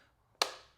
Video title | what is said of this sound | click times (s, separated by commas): SO GOOD, JUST ONE FLAW! - RhinoShield SolidSuit for iPhone Pro Max! | put that on that's a very nice click right there there we have our mag safe animation and | 0.4 s